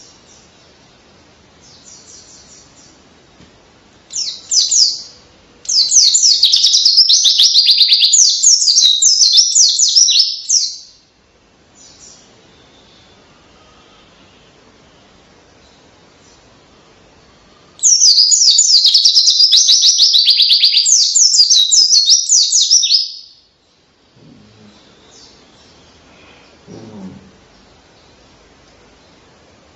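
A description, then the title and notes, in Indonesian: A caged white-eye sings in two long, rapid bursts of bright, high chattering trills, one from about 5 to 11 seconds and another from 18 to 23 seconds. Short chirps fall between them over a quiet background, with a faint low thump near the end. Pleci Gacor Ngalas Edan Rasa Kenari.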